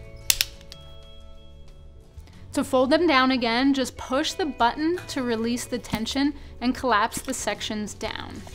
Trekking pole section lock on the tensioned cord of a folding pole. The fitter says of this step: the top two sections apart until you hear a positive click so